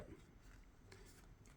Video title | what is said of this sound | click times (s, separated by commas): In Hand Review of Replacement Earpads Cushions for Bose QuietComfort 35 | There we go. I heard some snaps. That's promising. | 0.9 s